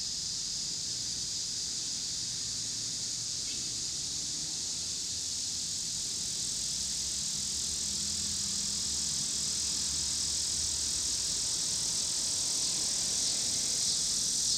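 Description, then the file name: Cicada chorus, a steady high whine that grows a little louder, over a background rumble of cars. Cicadas recorded with passing car noise in Pittsburgh, Pennsylvania, on 26 August 2023. "cicadas and cars Pittsburgh PA"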